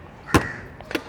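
On a TVS Jupiter ZX BS6 disc-variant scooter, the ignition key is pushed back in the off position, which releases the latch of the under-seat storage compartment. A sharp, loud hit at 0.4 s marks the latch popping open. Two fainter knocks follow at about 0.8 and 1.0 s, and the boot is released.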